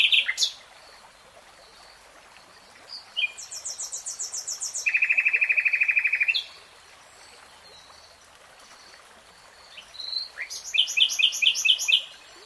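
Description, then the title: Nightingale song in separate phrases: a brief note, a high rattling trill, a steady buzzy run, quiet gap, then a rapid burst of chattering notes. "[Tiếng chim hót] REALTIME Nightingale Singing"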